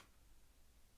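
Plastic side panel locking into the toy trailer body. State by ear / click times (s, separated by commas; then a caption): not seated / none. The plastic side panel of a DX9 Toys D-14 Capone transforming robot toy (a Masterpiece Motormaster) is being swung around toward its lock position on the toy's trailer body. Only faint low handling noise is heard, with no sharp hits. Nothing has seated or clicked yet.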